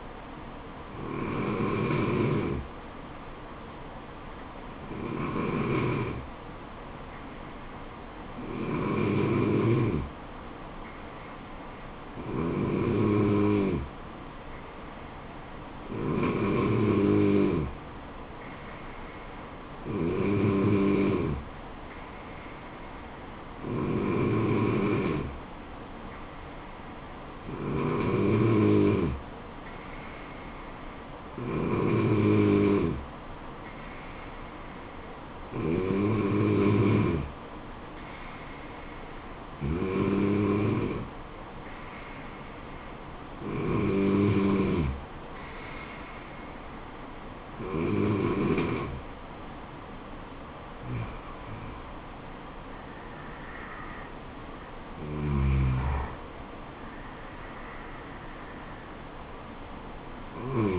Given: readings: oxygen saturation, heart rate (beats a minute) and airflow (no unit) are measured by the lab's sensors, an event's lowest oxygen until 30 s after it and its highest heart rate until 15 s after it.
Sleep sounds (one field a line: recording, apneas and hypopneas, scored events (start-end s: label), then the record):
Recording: breathing in sleep by a voice recorder at the bedside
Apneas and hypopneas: 1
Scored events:
5.00-52.50 s: hypopnea (N2, oxygen 95% highest, then 94% lowest, heart rate 71 at the start, 79 highest)
From the record:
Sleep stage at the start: N2 (light sleep)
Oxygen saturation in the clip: 94 to 95%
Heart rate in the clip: 67 to 79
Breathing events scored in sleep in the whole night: 426 in 7.4 hours asleep